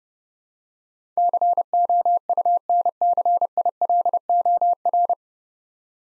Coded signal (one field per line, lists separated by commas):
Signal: Morse code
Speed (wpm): 28 wpm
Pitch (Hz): 700 Hz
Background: none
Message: COUNCILOR